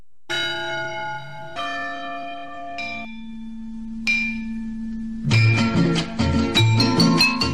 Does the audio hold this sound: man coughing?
no